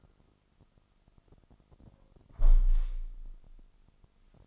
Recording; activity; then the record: daily activity, microphone in the room; close window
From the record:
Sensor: 5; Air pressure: 1004.7 hPa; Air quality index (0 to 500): 80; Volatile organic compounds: 1 ppm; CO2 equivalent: 958 ppm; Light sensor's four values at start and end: 34/80/32/31 and 34/79/32/31